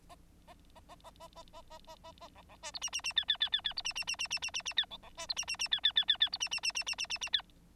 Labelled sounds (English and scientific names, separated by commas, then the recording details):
Bengalese Finch (Lonchura striata domestica) song
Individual Bird9